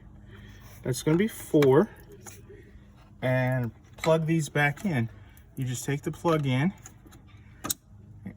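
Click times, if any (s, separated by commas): 7.6 s, 7.7 s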